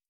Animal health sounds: hydrophone in a shrimp aquaculture tank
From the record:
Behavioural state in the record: starved

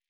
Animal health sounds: hydrophone in a shrimp aquaculture tank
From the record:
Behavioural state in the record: normal

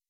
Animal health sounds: hydrophone in a shrimp aquaculture tank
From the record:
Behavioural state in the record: weakened

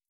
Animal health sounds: hydrophone in a shrimp aquaculture tank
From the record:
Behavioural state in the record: starved

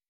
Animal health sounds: hydrophone in a shrimp aquaculture tank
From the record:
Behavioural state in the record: weakened

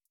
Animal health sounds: hydrophone in a shrimp aquaculture tank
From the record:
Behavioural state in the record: feeding

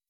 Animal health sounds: hydrophone in a shrimp aquaculture tank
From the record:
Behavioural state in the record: weakened

